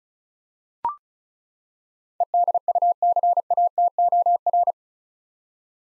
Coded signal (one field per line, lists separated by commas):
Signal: Morse code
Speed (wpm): 36 wpm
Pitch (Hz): 700 Hz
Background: none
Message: EDUCATOR